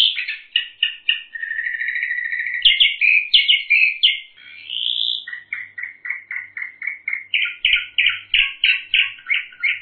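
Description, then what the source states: Bird song, quick buzzy notes, a long smooth rising trill, then a falling phrase and more rapid repeated rattles. Masteran tutor recording.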